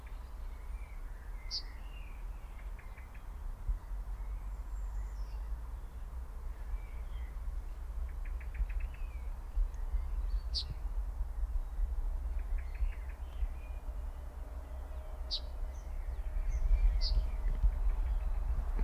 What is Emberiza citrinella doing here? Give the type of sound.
call